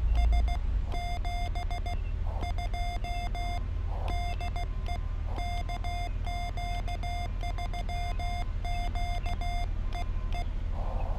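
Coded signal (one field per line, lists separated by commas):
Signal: Morse code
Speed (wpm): 16 wpm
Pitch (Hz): 3500 Hz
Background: none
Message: S 72 DE KQ3Q EE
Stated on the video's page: YL CW POTA activation at Biscayne National Park using a mast-mounted antenna on a hot day.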